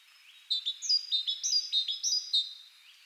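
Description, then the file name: Great tit: a short run of several high, bright notes. "Parus major"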